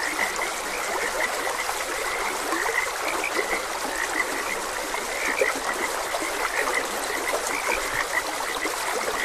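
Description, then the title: Many frogs croaking together, a busy stream of short pulsed notes at a similar pitch, set against constant trickling water. Frogs croaking beside a gentle stream. "Gentle Stream and Frogs Croaking"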